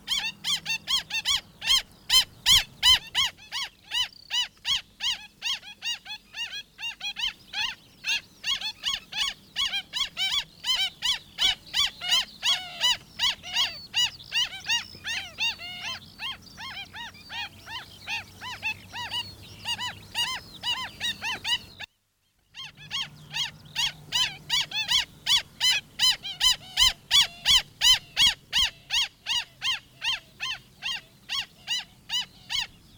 Adult black stilt/kakī song.